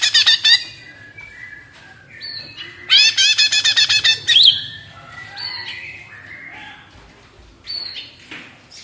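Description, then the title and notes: Greater green leafbird song: loud bursts of rapid harsh chirps mixed with varied whistled and slurred notes, several phrases with short pauses. Lively, melodious singing intended as a master recording for training captive leafbirds; described as gacor, ngentrok, with raised crest (jambul nembak). "Cucak Ijo Gacor Ngentrok Jambul Nembak. suara burung cucak ijo gacor, merdu cocok buat masteran burung cucak ijo"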